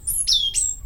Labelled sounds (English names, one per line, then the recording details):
Stitchbird song
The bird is a male
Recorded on Tiritiri Matangi Island, New Zealand, in 2005
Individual 22, of nest box 31